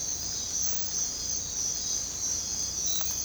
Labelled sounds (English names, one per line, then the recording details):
none
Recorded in dense forest near Puerto Asís, Putumayo, Colombia, on 18 December 2024 at 05:00
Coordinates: 0.466, -76.327
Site G075